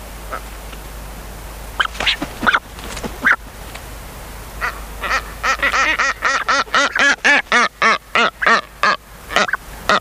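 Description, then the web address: Brown booby giving a few scattered nasal, honking calls, then a rapid, steady run of many honks, over a constant low hum. "sikioto. katsuodori"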